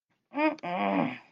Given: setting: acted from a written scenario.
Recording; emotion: vocal sound without words; disappointment